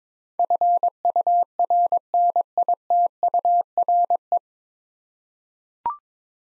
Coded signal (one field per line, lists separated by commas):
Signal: Morse code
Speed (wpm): 22 wpm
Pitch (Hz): 700 Hz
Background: none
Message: FURNITURE